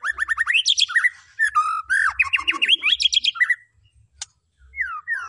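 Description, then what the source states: White-rumped shama song: rapid run of rising whistled notes, sharp chips and fast trills, pausing near four seconds before a few slurred whistles resume. Lure recording of a vigorously singing (gacor) white-rumped shama, used to make the bird respond.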